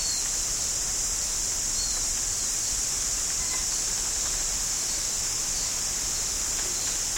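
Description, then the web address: Insect chorus forming a constant shrill, even buzz from start to finish, with a few soft chirps barely audible below it. Tropical insects. "Tom Hutchings Insects Tropical"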